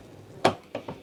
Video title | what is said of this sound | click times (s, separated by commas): Packout Rolling Tool Chest | locks into place because this is big and heavy. | 0.5 s